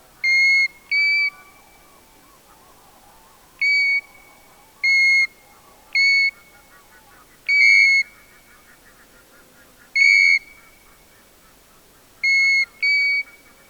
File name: ljungpipare Pluvialis apricaria